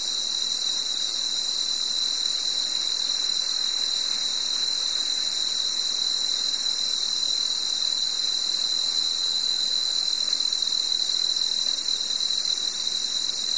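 Cricket chirring, a continuous shrill, even drone throughout, with a soft low hiss underneath and no other sounds.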